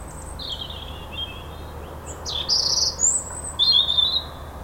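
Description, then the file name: European robin song: a run of varied high phrases, thin drawn-out notes then louder tumbling twitters toward the end, with low steady hum beneath. "Erithacus rubecula"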